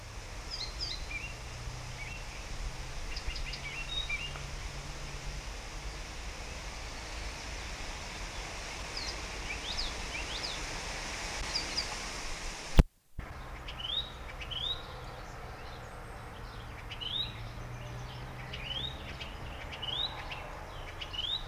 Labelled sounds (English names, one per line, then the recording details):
Icterine Warbler
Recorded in the wild
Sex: male
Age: adult
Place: Erlangen, Bayern, DE
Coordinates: 49.6306, 10.9508
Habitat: pond
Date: 1962-06-13
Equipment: Stellavox SM 5, AKG D19, Original, Vollspur
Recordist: Tretzel, Erwin